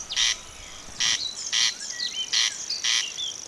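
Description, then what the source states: Corncrake giving dry rasping calls, broad scratchy bursts in loose pairs, with faint thin whistles of another bird in the background. May answer at night in extensive floodplain meadows, such as in Mecklenburg, when a fingernail is rasped back and forth over a comb.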